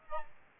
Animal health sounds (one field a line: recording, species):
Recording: mosquito wingbeat signal from an infrared sensor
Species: Aedes albopictus